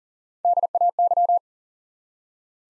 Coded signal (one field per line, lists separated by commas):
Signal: Morse code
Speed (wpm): 40 wpm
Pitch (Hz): 700 Hz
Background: none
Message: DAY